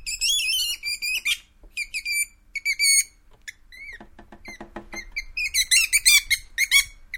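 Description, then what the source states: Weasel squealing and chattering: shrill wavering squeals, a midway run of lower clicking pulses, then renewed fast high squeals to the end. Weasel in an enclosure.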